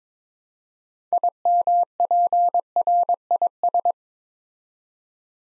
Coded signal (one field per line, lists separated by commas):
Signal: Morse code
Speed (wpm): 22 wpm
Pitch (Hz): 700 Hz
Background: none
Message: IMPRIS